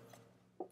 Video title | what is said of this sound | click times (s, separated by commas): Bren 807: An Economy Model Hybrid of the 805 and Bren 2 | But it attaches and locks in place just like a STANAG magazine. | 0.6 s